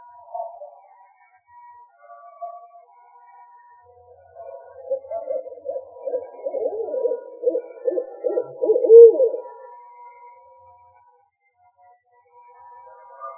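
Owl hooting: after a few soft, scattered notes, a run of rapid low pulsed hoots swells in loudness for about five seconds, then fades back to near quiet.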